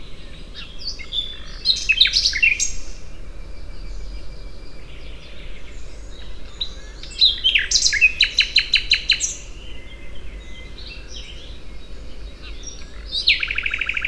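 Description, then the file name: Common nightingale song: varied phrases separated by pauses, mixing chirps, clicks, a long thin whistle and loud rattling series of repeated notes. "Luscinia megarhynchos"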